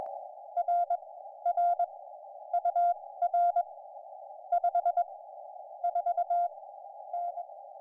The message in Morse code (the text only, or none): RR UR 54N